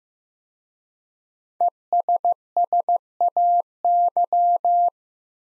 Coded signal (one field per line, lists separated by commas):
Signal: Morse code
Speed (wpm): 15 wpm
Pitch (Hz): 700 Hz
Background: none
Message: ESSAY